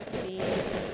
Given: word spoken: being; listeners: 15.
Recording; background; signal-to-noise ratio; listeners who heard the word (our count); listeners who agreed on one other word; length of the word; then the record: one English word in noise, from a listening test; noise modulated by three-talker babble; -7.0 dB; 1 of 15; 7 of 15; 0.54 s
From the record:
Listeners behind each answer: 7, 1, 1, 1, 1, 1, 1, 1, 1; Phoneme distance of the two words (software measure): 14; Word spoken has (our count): 2 syllables, 4 phonemes, stress on syllable 1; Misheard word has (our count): 1 syllable, 2 phonemes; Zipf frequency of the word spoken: 5.90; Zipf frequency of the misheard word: 6.80